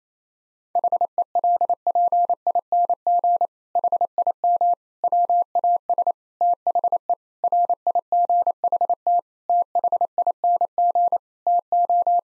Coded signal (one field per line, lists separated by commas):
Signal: Morse code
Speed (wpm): 28 wpm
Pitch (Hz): 700 Hz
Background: none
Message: HELPING HIM WAS THE RIGHT THING TO